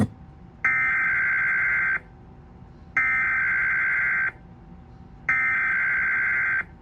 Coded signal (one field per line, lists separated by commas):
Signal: Emergency Alert System (SAME) tones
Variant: header bursts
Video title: Tornado Watch EAS on KDSX-LPAM&FM